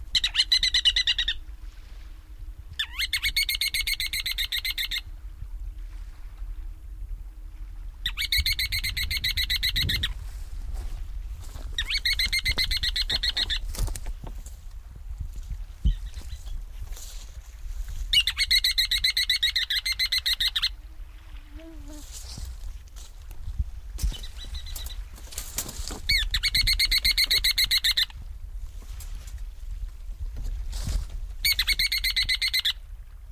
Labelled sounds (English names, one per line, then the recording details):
Ruddy Turnstone call
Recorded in the wild
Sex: diverse
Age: diverse
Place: Halbinsel Kindo, Karelien, RU
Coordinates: 66.5378, 33.1961
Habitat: seashore
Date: 1990-07-08
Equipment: Uher 4000 Report Monitor, Sennheiser MKH 416 T
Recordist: Frommolt, Karl-Heinz